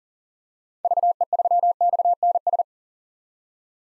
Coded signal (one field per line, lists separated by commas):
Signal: Morse code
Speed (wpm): 37 wpm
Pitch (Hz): 700 Hz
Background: none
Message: VE3XNS